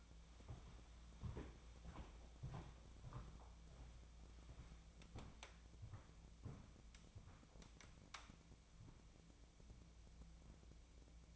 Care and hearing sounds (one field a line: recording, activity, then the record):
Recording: daily activity, microphone in the room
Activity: walk to room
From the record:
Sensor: 1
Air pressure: 1000.0 hPa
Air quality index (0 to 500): 131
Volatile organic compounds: 2 ppm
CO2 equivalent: 1245 ppm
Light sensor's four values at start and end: 40/102/42/53 and 41/103/43/54